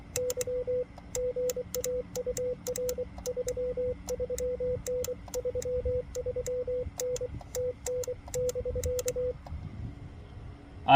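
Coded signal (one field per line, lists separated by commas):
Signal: Morse code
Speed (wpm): 23 wpm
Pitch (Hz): 500 Hz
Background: radio noise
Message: Y GA UR 33N 33N TN<BK>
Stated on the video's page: CW during a marathon park activation, Xiegu G90 with Putikeeg key and 17-foot steel whip on a truck-bed stud mount.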